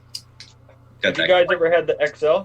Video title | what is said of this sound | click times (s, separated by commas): Sharp Talk Podcast - Episode 31 - The Guest Loves You! | yeah you can hear it when it closes | 0.1 s, 0.4 s